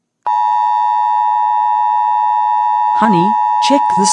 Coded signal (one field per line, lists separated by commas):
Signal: Emergency Alert System (SAME) tones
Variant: 853 and 960 Hz attention tone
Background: speech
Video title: EAS Scenario #90: Flesh Hunters